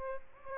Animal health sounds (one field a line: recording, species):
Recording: mosquito wingbeat signal from an infrared sensor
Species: Aedes aegypti